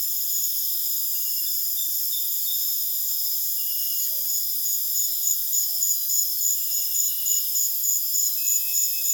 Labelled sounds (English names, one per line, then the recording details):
none
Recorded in dense forest near Puerto Asís, Putumayo, Colombia, on 22 June 2025 at 20:30
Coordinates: 0.484, -76.325
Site H65